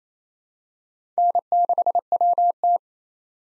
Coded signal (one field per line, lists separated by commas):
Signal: Morse code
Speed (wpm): 28 wpm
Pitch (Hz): 700 Hz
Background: none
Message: N6WT